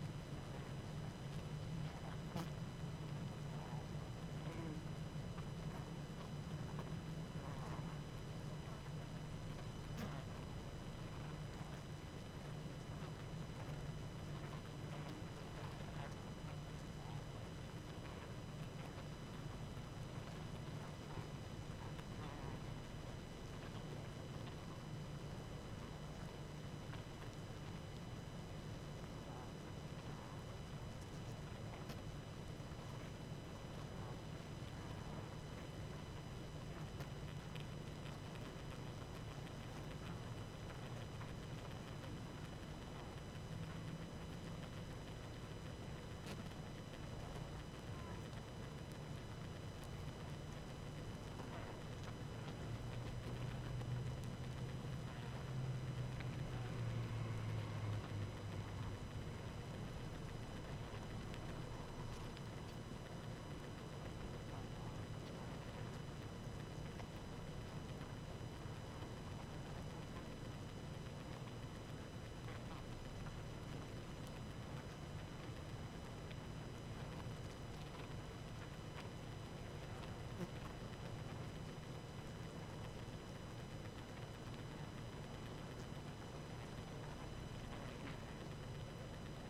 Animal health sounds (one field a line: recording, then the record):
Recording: honeybee colony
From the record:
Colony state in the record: active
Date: 12 June 2018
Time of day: 19:38